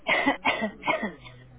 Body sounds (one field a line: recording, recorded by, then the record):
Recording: voluntary cough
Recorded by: telephone call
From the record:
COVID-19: negative